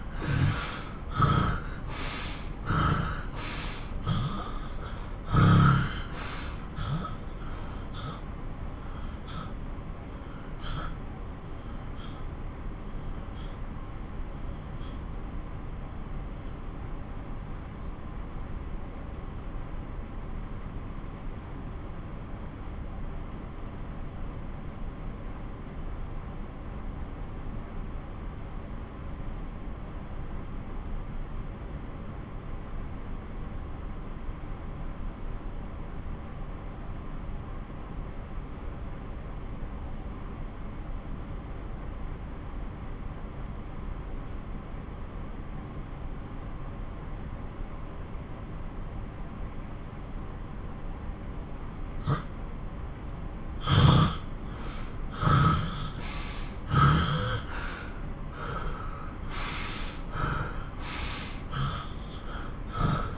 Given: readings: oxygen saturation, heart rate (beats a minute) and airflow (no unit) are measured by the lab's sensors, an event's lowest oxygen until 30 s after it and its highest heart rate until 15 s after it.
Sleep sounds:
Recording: breathing in sleep by a smartphone at the bedside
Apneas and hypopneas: 1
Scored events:
11.00-52.40 s: obstructive apnea (N2, oxygen 94% highest, then 82% lowest)
From the record:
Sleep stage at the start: N2 (light sleep)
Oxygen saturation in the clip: 81 to 94%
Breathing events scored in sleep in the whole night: 217 in 6.3 hours asleep

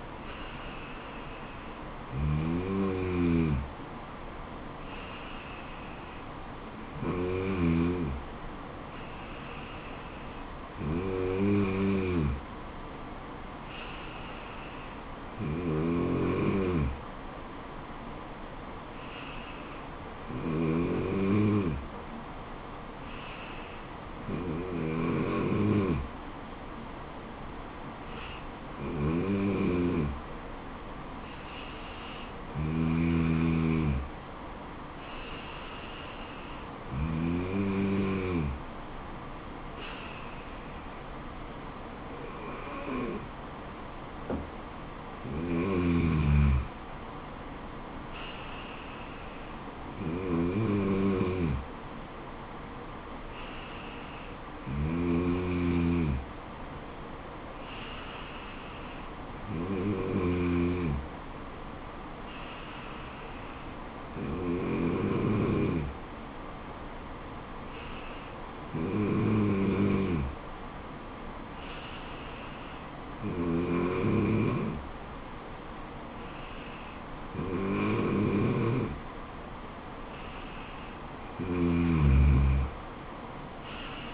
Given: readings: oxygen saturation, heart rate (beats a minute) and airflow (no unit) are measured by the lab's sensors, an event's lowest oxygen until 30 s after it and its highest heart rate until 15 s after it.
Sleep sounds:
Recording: breathing in sleep by a voice recorder at the bedside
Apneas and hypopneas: none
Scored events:
none scored
From the record:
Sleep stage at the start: N2 (light sleep)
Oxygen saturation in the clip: 94 to 95%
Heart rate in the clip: 65 to 77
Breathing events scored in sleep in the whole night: 426 in 7.4 hours asleep

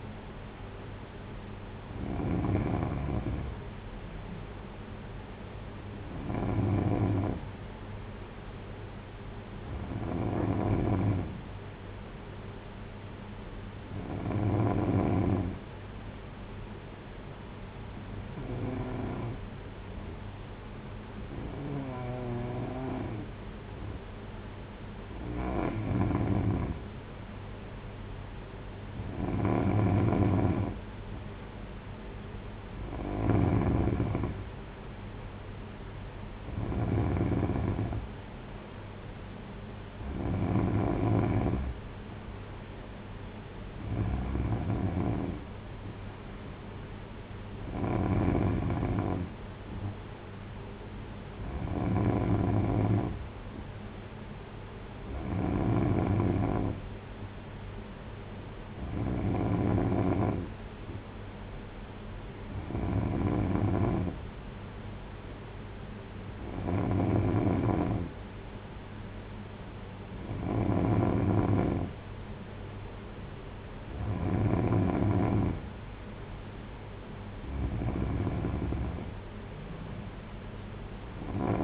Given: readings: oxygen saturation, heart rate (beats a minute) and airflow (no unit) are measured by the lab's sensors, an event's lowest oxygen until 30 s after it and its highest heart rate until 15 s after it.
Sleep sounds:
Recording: breathing in sleep by a voice recorder at the bedside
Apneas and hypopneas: none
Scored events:
none scored
From the record:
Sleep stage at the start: N3 (deep sleep)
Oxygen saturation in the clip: 92 to 94%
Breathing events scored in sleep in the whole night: 226 in 8.8 hours asleep

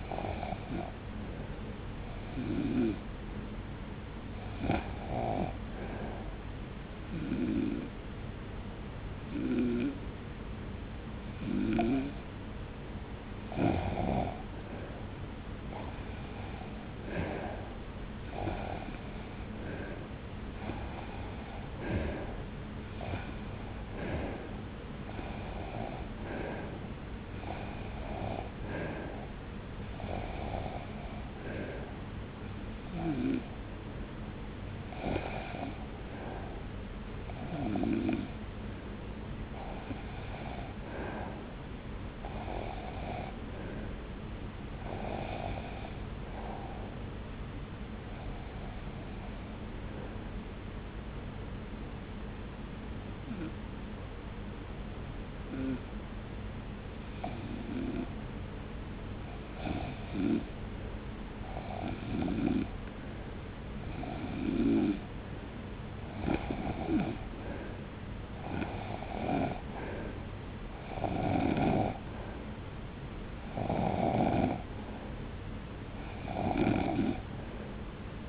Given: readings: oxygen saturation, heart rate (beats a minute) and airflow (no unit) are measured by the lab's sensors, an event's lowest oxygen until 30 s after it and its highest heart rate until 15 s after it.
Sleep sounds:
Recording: breathing in sleep by a voice recorder at the bedside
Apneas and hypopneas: 2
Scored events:
7.00-18.50 s: hypopnea (REM, oxygen 91% highest, then 86% lowest)
37.00-51.50 s: hypopnea (REM, oxygen 94% highest, then 86% lowest)
From the record:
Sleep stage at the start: REM sleep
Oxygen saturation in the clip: 86 to 94%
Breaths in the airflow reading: 32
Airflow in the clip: -0.9 to 1.6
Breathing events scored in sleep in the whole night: 335 in 6.7 hours asleep

